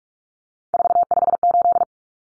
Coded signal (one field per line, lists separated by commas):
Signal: Morse code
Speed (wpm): 44 wpm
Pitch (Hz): 700 Hz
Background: none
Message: 458